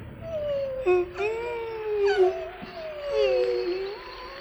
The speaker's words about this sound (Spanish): Pero los lobos no lloramos, por lo que gemí como gimió mi madre. Gemimos en señal de sumisión, de cariño.